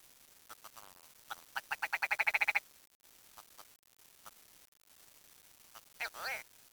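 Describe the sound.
Bird calls: a rapid run of about a dozen nasal, buzzy notes that grow louder, then a few soft clicks and one more harsh nasal call near the end.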